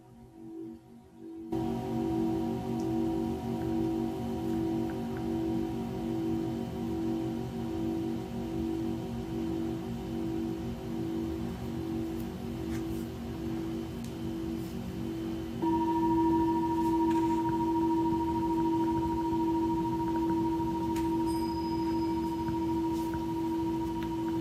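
Singing bowls ring in a steady, sustained drone after a near-silent first second, with a pulsing low hum underneath. Around sixteen seconds a second, brighter bowl tone joins and the sound grows slightly louder, holding to the end, with faint light ticks scattered throughout.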